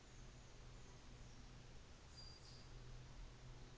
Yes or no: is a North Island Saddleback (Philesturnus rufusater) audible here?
no